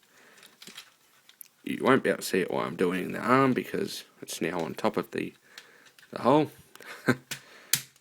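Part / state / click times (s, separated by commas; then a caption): plastic arm tab of a transforming action figure going over its slot / seated / 7.3 s, 7.7 s. Someone talks while folding a small tab on the arm of a plastic transforming action figure over the top of its hole and pressing it into place. After a few faint handling ticks, the tab clicks sharply into its slot at 7.3 s and again at 7.7 s, seating it.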